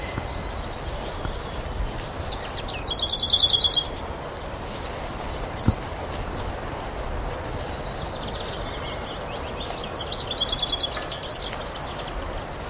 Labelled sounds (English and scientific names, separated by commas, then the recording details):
Lesser Whitethroat (Sylvia curruca) song
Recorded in the wild
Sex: male
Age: adult
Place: Mühlenbecker Land, OT Summt, Brandenburg, DE
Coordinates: 52.6931, 13.3619
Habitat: garden
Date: 1988-06-12 12:50
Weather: sunny, 14-18°C, windy
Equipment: Nagra SN, Kopie Tesla B 116
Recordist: Tembrock, Günter